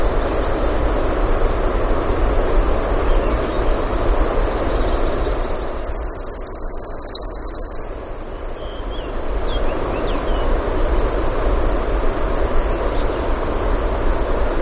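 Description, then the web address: Orange-crowned warbler singing one dry, even trill of rapid high notes lasting about two seconds, over a steady rushing background, with faint thin chirps from another bird afterwards. Recorded in Denali, Alaska, on 16 June 2016 in the early morning, at 05:32. "alaska acoustic highlights BIRDS 20160616 053228 Orange-Crowned"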